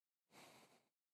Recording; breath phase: one breath near a microphone; exhalation